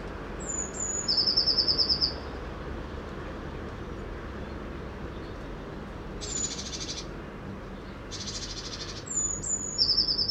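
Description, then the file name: Eurasian blue tit singing thin high notes that run into a quick, bright trill, heard twice, with two separate harsh, buzzy bursts in between against a low constant rumble. "Cyanistes caeruleus"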